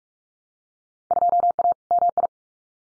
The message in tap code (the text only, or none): none